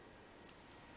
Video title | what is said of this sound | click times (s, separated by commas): Unboxing and Video Test - SJCAM C110 Plus Action Camera | the click. Okay, so we've got our memory card there, which is nice. | 0.5 s